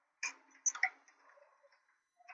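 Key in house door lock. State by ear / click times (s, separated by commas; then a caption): not seated / none. A key is worked in a house door lock, making short metallic rattles and ticks at about 0.2, 0.7 and 0.8 seconds, with fainter scrapes after. The lock fails to engage, and nothing has clicked into place yet.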